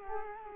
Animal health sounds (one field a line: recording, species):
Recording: mosquito wingbeat signal from an infrared sensor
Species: Culex quinquefasciatus